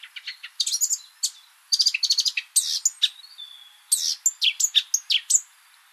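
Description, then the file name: Eurasian blackcap singing a dense, chattering warble of quick varied notes, sharp clicks mixed with brief whistled slurs, in bursts broken by short gaps. "Sylvia atricapilla"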